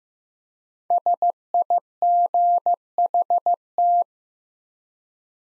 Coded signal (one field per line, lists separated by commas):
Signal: Morse code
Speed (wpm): 15 wpm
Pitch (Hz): 700 Hz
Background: none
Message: SIGHT